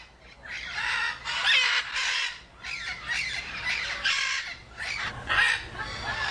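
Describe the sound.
Macaw giving loud, harsh, raspy squawks in a run of separate bursts about half a second long, spaced irregularly across the whole stretch with brief pauses between.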